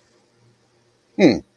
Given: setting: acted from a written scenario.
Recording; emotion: vocal sound without words; confusion